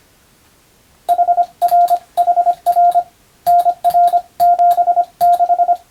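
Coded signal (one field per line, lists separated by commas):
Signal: Morse code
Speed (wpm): 25 wpm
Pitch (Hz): 700 Hz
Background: radio noise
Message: HRHR NR76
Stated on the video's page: Morse receiving practice in the style of the national radio operator exam, recorded by a first-class radiotelegraph operator.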